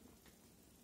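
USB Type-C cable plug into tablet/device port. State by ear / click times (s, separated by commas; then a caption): not seated / none. The original USB Type-C cable from a tablet is handled at the tablet's port, with its plug about to be pushed in. Only a low, steady background hum with faint rustling is heard, and there are no distinct transients. Nothing has seated or clicked yet.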